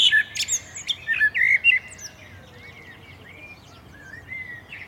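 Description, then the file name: Common blackbird song phrase of rich whistles and high chattery squeaks, then softer, more warbled notes trailing off. "Turdus merula"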